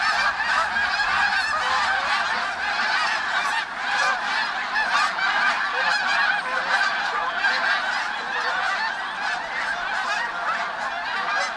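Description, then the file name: Snow goose: snow geese in full chorus, countless high nasal honks layered together, with a brief dip in loudness partway through before the din resumes. Snow geese taking off. "Sherk Scott Snow Geese take-off"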